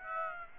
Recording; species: mosquito wingbeat signal from an infrared sensor; Aedes aegypti